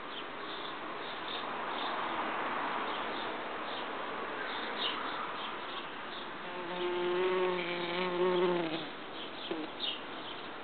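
Bumblebees and hornets drone together in a steady, dense buzz, with a louder, wavering hum swelling around seconds seven to nine.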